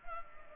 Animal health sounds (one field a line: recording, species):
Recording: mosquito wingbeat signal from an infrared sensor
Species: Culex pipiens